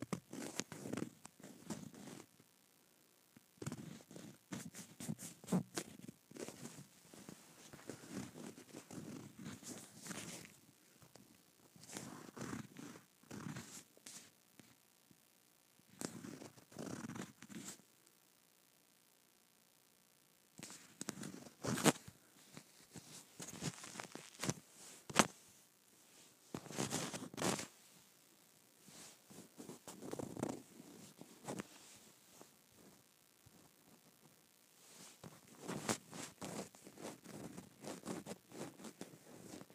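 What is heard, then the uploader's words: Leather bag being scraped in short rough strokes, mostly one or two seconds long, with brief pauses between them and a near-silent gap around 18 to 20 seconds. Sharp, bright scratchy clicks break in often, especially from 20 to 27 seconds. Scraping my Leather Bag.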